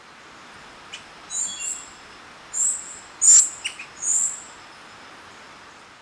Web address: Natures Songs S America Birds of Ecuador Ochre-breasted Tanager